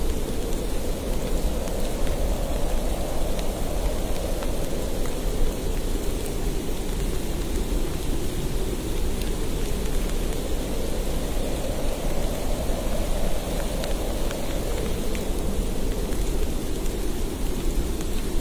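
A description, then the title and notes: A snowstorm roars as a steady, dense rush of wind, heaviest in the low and middle range. The rushing swells and eases slowly, rising around the middle and again near the end, with faint crackles scattered across the top. Cozy winter atmosphere and ultimate relaxing snowstorm.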